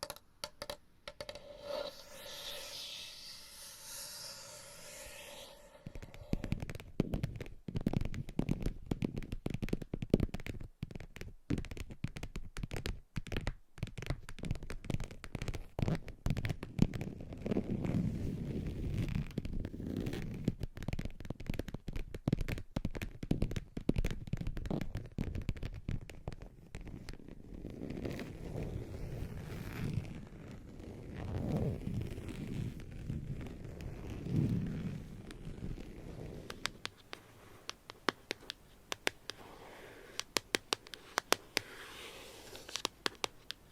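Scratching and tapping sounds fill the clip, starting after a soft hiss in the first five seconds. Dense, irregular scratches and quick taps run steadily, with rubbing, massage-like passages swelling low and full from about 15 to 35 seconds. Sharper, sparser taps close the clip.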